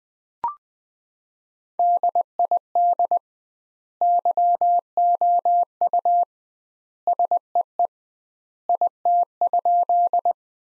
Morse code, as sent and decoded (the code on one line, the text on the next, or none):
-.. .. -.. / -.-- --- ..- / ... . . / .. - ..--..
DID YOU SEE IT?